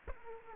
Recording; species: mosquito wingbeat signal from an infrared sensor; Culex quinquefasciatus